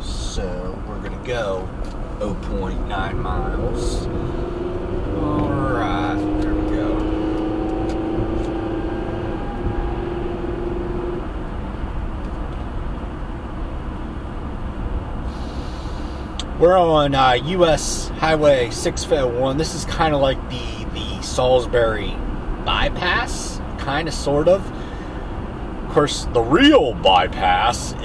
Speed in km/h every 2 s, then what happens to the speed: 63, 61, 71, 81, 85, 87, 84, 81, 81, 79, 79, 79, 79, 79.
2-10 speeds up to 87. 10-14 slows to 81. 14-28 steady at about 79.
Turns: none.